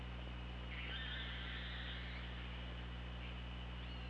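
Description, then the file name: Killer whale call: a drawn-out tonal call with stacked harmonics, wavering and slightly falling, over a steady low underwater hum and hiss. Underwater hydrophone recording from OrcaLab, made 24 August 2017 at 15:12. "Orca Lab UTLN JASON 20170824 151258"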